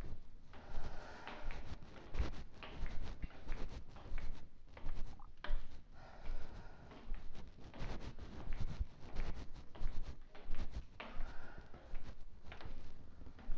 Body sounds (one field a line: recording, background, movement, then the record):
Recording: deep breathing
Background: quiet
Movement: walking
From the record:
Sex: female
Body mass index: 18.3 kg/m2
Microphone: on the chest, facing outward